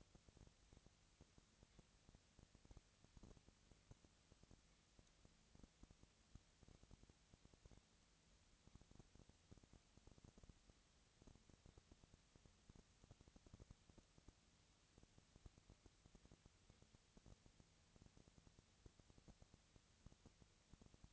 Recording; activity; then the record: daily activity, microphone in the room; no activity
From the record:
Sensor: 3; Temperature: 20.4 degrees Celsius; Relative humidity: 34.4%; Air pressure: 996.8 hPa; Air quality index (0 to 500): 205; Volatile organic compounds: 68 ppm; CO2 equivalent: 3496 ppm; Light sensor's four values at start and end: 2/3/2/2 and 2/3/2/2